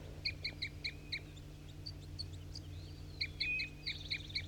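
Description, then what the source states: Crossbill calling, a brisk series of clipped, ringing kip notes, about five in a row, then a pause and another fast run, with a low hum beneath. Calls from one marked bird among a flock: four caught in a net (one juvenile, three males), plus three females and another red male loafing in a tree, apparently returning in response.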